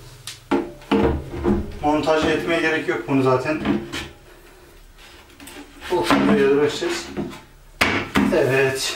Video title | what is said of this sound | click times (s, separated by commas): Portmanto Yapım Aşaması - Portmanto Montajı | yerine oturdu. | 7.8 s, 8.2 s